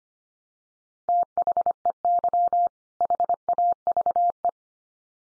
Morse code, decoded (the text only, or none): THEY HAVE